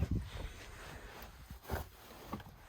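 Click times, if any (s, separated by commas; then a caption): none. The adjustable back section of a small fold-up seat in a van is handled and raised toward a higher position, with low thumps, rustling handling noise and a couple of brief sharp taps near 2.3 and 2.4 seconds. The backrest has not yet ratcheted into position; nothing has clicked or seated yet.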